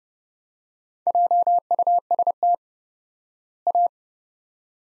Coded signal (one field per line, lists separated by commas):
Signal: Morse code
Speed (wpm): 30 wpm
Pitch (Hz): 700 Hz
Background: none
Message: JUST A